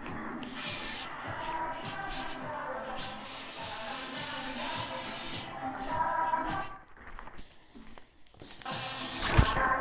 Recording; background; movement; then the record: deep breathing; music; walking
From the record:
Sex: female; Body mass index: 25.5 kg/m2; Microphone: on the chest, facing the body